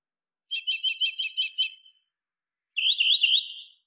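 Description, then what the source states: Nightingale song: a phrase of quick pulsed notes over a sustained tone, followed after a short gap by a bright, wavering whistled trill, in otherwise quiet surroundings. Field recording, desert setting.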